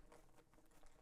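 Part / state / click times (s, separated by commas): key leash clip into backpack pocket anchor / not seated / none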